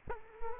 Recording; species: mosquito wingbeat signal from an infrared sensor; Culex quinquefasciatus